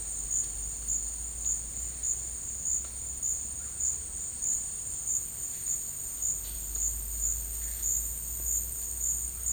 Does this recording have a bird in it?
no